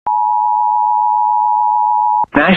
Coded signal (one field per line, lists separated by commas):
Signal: Emergency Alert System (SAME) tones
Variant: 853 and 960 Hz attention tone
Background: speech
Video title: TX FFW EAS #794